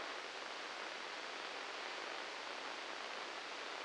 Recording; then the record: brain microelectrode recording played as sound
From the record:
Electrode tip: inside the subthalamic nucleus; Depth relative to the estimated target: -1 mm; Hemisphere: left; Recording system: NeuroSet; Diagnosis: Parkinson's disease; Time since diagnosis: 7 years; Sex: male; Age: 44 years